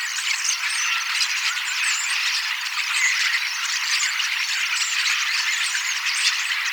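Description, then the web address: Common starlings in a continuous squeaky, rattling chatter mixed with brief whistles, the mass of sound holding level throughout. Recorded 18 October 2024; the recordist believes these are young starlings practising their song, singing and imitating several species a little. "paivat 18 10 2024 kasittaakseni kottaraisnuoret laulavat lauluharjoittelevat useita lajeja matkivat hiukan"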